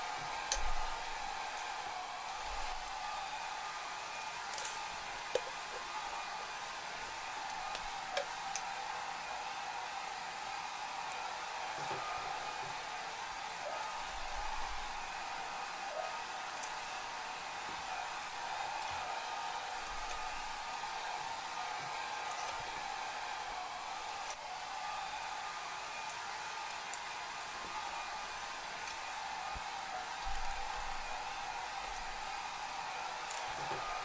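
Hair salon sounds are dominated by a steady, mid-pitched hair dryer whir, with scattered faint clicks and brief taps throughout.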